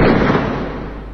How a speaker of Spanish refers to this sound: Y para mamá y papá, les dejo el sonido del disparo que van a escuchar ahora para que les quede grabado como un hermoso recuerdo para toda la vida.